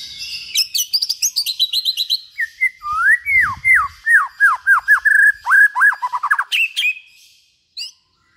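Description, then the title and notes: White-rumped shama song: rapid varied whistled phrases, high trilled notes then a long run of repeated slurred whistles near mid pitch, ending in a pause and one short note. Used as a lure for trapping. "Pikat Murai Batu. Burung Murai Batu"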